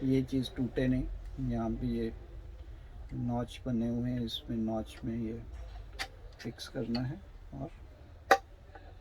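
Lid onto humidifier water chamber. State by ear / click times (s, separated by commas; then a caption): seated / 8.3 s. On a Philips Respironics BiPAP Pro, the plastic lid of the humidifier water chamber is fitted into its notches and pressed down while someone talks. A sharp click at 8.3 s marks the lid locking onto the water chamber.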